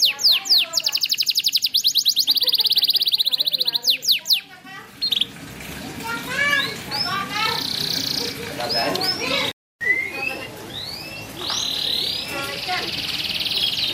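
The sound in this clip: Bird song: a fast rattling trill of repeated notes, then a run of quick upward chirps and whistles.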